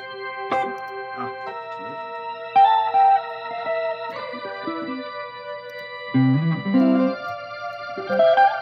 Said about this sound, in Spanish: Tell me if it's good for you. Play a little bit for the reverb real quick.